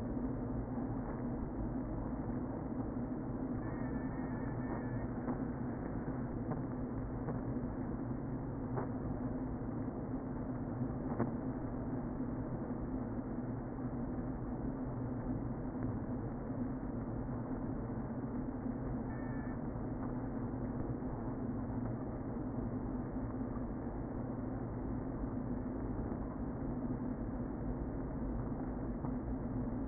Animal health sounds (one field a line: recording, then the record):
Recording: honeybee colony, microphone inside the hive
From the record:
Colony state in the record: queen present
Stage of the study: before two queens were removed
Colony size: about 60,000 bees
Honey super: yes